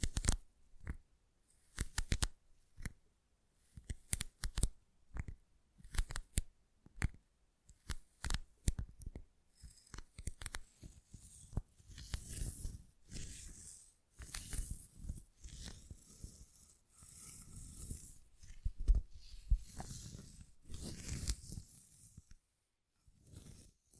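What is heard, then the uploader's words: An assortment of tingly sounds: quick crisp taps and tearing crackles in irregular bursts, turning into longer rustling swishes after about ten seconds. Tingly Sound Assortment.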